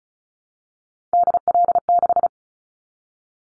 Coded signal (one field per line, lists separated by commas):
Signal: Morse code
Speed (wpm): 34 wpm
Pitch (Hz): 700 Hz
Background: none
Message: DL6